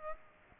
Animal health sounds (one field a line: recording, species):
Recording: mosquito wingbeat signal from an infrared sensor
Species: Aedes aegypti